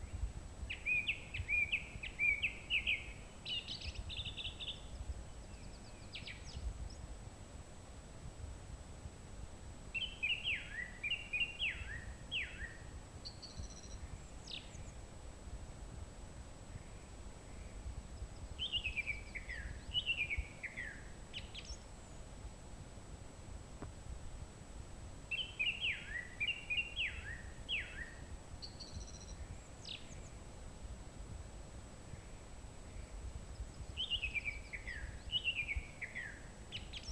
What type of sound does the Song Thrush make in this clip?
song